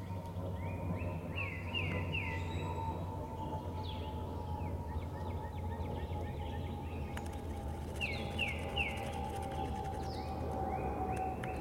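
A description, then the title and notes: Birds sing in the forest over a steady low rumble and hum that fills the whole clip. Repeated rising chirps come in quick runs, one bird answering another, with a sharper clicking patch near seven seconds. The peaceful sound of birds in the forest.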